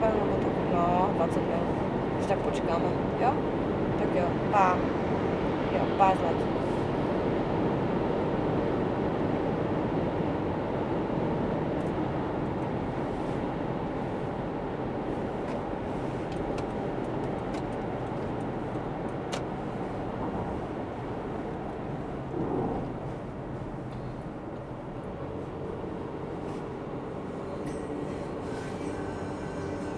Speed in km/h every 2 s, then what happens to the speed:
100, 99, 99, 97, 95, 92, 88, 85, 83, 79, 72, 62, 56, 55, 55.
0-30 slows to 55.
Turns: none.